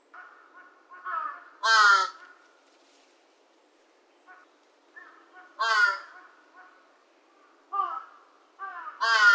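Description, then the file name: Large-billed crow giving rough, rasping caws, loud single calls near two, six and nine seconds, with fainter throaty notes and short croaks in between. Juvenile; recorded at Kitamoto, 17 June 2022, 16:40. "hashibutogarasu 220617 1640 kitamoto 幼鳥"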